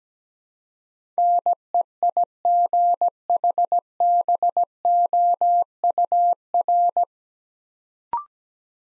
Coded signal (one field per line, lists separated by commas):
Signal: Morse code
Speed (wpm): 17 wpm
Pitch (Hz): 700 Hz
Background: none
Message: NEIGHBOUR